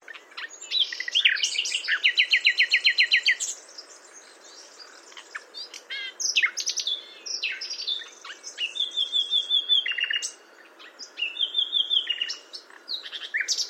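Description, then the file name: Common nightingale song with fast repeated chattering trills, short whistled notes and sharp clicks, bursts separated by brief pauses; faint background hiss. "Luscinia megarhynchos"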